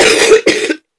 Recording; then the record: coughing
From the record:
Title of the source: 60 coughing still (deep and wet cough)